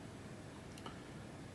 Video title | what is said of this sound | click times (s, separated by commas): Andrew Richardson Computer Maintenance Assignment 1 HIGH QUALITY 2 | on the post until you hear a click once you've done this repeat the same process with the other two | 0.8 s, 0.9 s